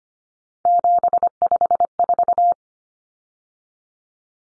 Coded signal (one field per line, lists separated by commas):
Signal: Morse code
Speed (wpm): 25 wpm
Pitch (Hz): 700 Hz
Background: none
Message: 754